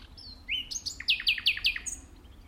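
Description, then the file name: Common nightingale song: a rising whistle, then a run of four loud, sharp repeated notes in quick succession, ending with a thin high note. "Luscinia megarhynchos"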